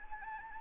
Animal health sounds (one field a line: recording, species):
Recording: mosquito wingbeat signal from an infrared sensor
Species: Anopheles gambiae